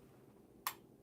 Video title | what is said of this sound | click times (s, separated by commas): Episode 5- Smelling Pistachio by DS & Durga, Somewhere by Perfumehead, Blue Gin by Mizensir | you hear that that click will actually | 0.7 s